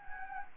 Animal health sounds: mosquito wingbeat signal from an infrared sensor; Anopheles gambiae

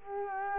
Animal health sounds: mosquito wingbeat signal from an infrared sensor; Culex quinquefasciatus

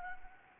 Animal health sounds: mosquito wingbeat signal from an infrared sensor; Anopheles arabiensis

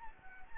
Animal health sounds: mosquito wingbeat signal from an infrared sensor; Anopheles gambiae

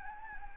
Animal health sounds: mosquito wingbeat signal from an infrared sensor; Anopheles gambiae

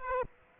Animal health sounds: mosquito wingbeat signal from an infrared sensor; Aedes aegypti

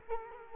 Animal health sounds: mosquito wingbeat signal from an infrared sensor; Culex quinquefasciatus

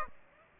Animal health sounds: mosquito wingbeat signal from an infrared sensor; Aedes aegypti

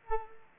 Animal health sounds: mosquito wingbeat signal from an infrared sensor; Culex quinquefasciatus

